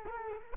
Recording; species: mosquito wingbeat signal from an infrared sensor; Culex quinquefasciatus